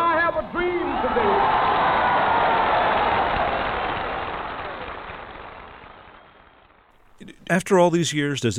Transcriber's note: soundbite of applause and cheering